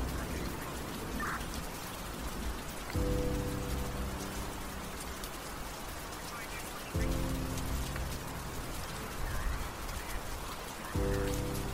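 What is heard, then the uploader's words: Steady, dense rain hisses throughout, even. A deep droning tone swells in every four seconds or so, near the three, seven and eleven second marks, each lasting about two seconds. A faint brief chirp sounds early on. Gotham city ambience | night city | rain sounds.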